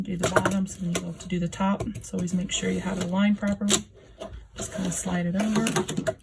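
A magnetic frame piece is slid over onto an embroidery hoop base on the opposite side while someone talks, with light handling taps and rubbing under the voice. Nothing has seated or clicked into place yet.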